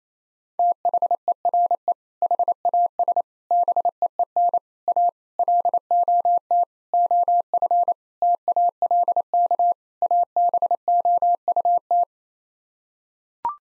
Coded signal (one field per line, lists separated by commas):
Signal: Morse code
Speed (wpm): 27 wpm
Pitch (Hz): 700 Hz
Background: none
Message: THERE HAS BEEN A LOT OF TALK ABOUT